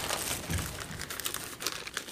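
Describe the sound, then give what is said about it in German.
The contents of a bag, many small gnome caps, are poured out onto a rusty metal plate, a dense crackling, rattling patter of many small items with crinkly rustling throughout and a few sharper clicks near the end. “Er schüttet den Inhalt der Tüte auf die rostige Platte.”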